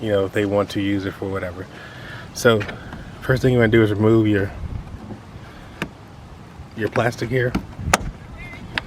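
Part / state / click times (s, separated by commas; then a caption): plastic trim cover clipped into the SUV's rear tail light area / released / 7.9 s, 8.8 s. A plastic trim cover clipped in beside the rear tail light of a 2015–2020 GMC Yukon/Yukon XL Denali (Suburban) SUV is pried off by hand while someone talks. Two sharp snaps are heard at about 7.9 s and 8.8 s as the clips let go, and the cover comes free; these pieces snap in, so they snap right out.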